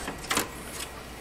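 A 5.25-inch optical drive with its mounting screws is pushed into the drive bay of a Dell Precision T3500/T5500 workstation. A short, sharp click at 0.3 s marks the tool-less latch catching, and the drive is seated and locked in place.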